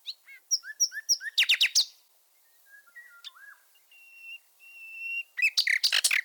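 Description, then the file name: Common nightingale song with quick repeated chirps, a burst of sharp clicks, then pauses filled by soft, drawn-out pure whistles, ending in more loud clicks. "fulemule"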